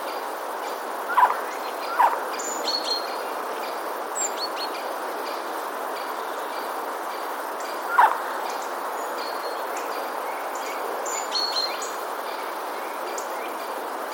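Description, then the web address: Eurasian jay alarm call: three short calls, two close together and one later, with faint high chirps in the background. Alarm calls, recorded 15 February 2022. "wroblowe ostrzegator sojka 15 02 2022"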